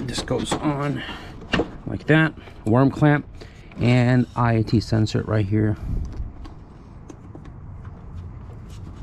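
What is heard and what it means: Someone talks about the intake piping, its worm clamp and the intake air temperature sensor while the wiring connector is handled near the sensor on the intake piping. Small sharp handling sounds follow at about 7.1, 7.4 and 7.9 seconds. Nothing has clicked or seated yet when the clip ends.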